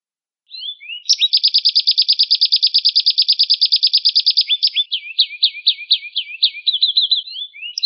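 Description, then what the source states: Atlantic canary song opening with a long, rapid mechanical trill of repeated high notes, then slower looping chirps and a quick twittered phrase. A family of canaries.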